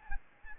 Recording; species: mosquito wingbeat signal from an infrared sensor; Aedes albopictus